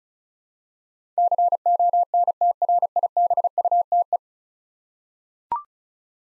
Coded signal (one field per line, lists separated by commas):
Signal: Morse code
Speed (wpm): 36 wpm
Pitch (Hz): 700 Hz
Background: none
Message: CONTRIBUTE